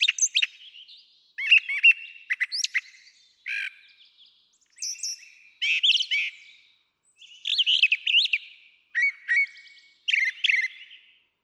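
Brown Thrasher song, a lively string of changing phrases: scratchy chirps, high squeaks and warbled notes, some repeated, in a steady irregular flow.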